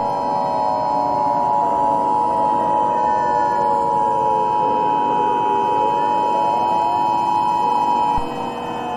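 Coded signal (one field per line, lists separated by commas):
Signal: Emergency Alert System (SAME) tones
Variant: 853 and 960 Hz attention tone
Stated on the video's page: Simulated Emergency Alert System nuclear attack alert, a mock recreation.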